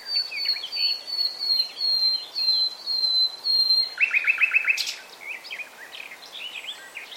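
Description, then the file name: Common nightingale singing: a long steady whistled note, then a quick run of repeated sharp notes, followed by softer chirps. "Luscinia megarhynchos"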